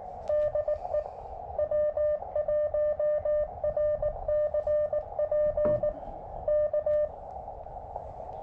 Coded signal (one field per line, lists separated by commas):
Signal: Morse code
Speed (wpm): 19 wpm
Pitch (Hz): 600 Hz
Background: radio noise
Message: DE W1RCP K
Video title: Will It POTA? - Field Testing the DIY Elecraft AX2 Style Short Base-Loaded Vertical Antenna on a KX2